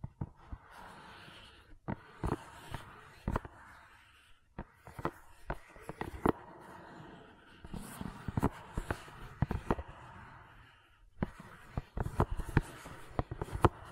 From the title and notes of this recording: ASMR Gentle Silicon Sounds for Sleep (No Talking).